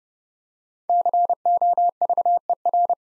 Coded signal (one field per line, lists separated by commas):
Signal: Morse code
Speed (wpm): 32 wpm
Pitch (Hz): 700 Hz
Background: none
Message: COVER